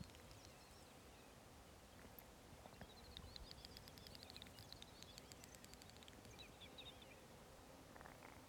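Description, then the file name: Great snipe: a rapid series of dry, high ticking clicks forming an arched sweep, rising then falling, over low rumbling background noise. "nagy sarszalonka hangja"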